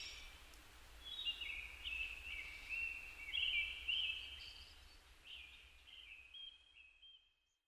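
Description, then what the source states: Japanese thrush singing soft whistled, warbling phrases over a steady broad hiss of background noise, the song fading out toward the end. Recorded 4 May 2010 at 18:30.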